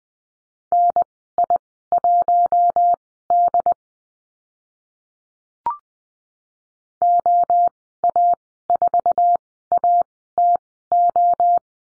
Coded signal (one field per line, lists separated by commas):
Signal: Morse code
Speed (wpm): 20 wpm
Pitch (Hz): 700 Hz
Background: none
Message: NI1D OA4ATO